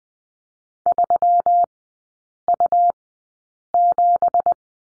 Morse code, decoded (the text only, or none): 3U7